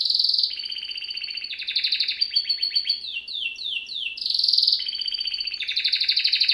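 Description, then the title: Domestic canary song with dense rolling trills, a run of quick descending swept notes in the middle, then loud buzzy trills again. Male Belgian canary singing a lot; canary training to warm up a young bird within 30 minutes. "Canary Training Esquente Seu Filhote E Canario Belga Em 30 Minutos Macho Cantando Muito"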